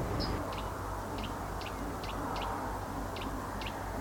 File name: Verderolle montage